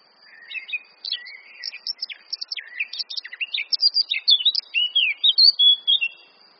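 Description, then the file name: Eurasian blackcap warbling: a rapid jumble of varied chirps and slurred notes that builds louder and more fluent, ending in clearer fluty tones. "Sylvia atricapilla"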